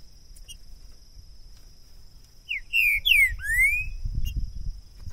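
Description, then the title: Green-winged saltator song phrase of whistled notes, two falling then a long rising slur, with low rustling or handling noise below. Two birds taken into the bush in 2022, calling, singing and giving male song; used to warm up birds and open their song for singing contests. "ESQUENTAR Seu TRINCA Piando, Cantando E Macheando Na DISPUTA. LEVEI 2 TRINCA FERRO NO MATO!! ABRIR O CANTO DO TRINCA FERRO!! 2022!"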